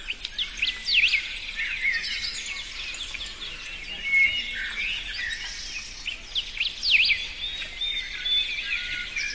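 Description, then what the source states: Birds singing, several overlapping birds giving high whistles, downslurred notes and chirps over a steady background hiss. In a forest.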